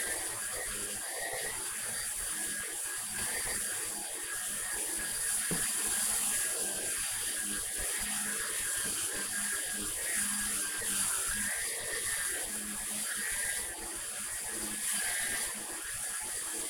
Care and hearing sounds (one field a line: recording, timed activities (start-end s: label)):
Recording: household activities, microphone on the right wrist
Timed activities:
0.00-16.70 s: vacuum cleaning